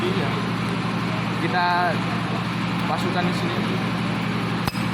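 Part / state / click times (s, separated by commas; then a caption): socket onto ratchet square drive / seated / 4.7 s. A socket is pushed onto the square drive of a socket wrench or ratchet while someone talks over a steady background hum. A short, sharp click at 4.7 s shows the socket has locked onto the drive.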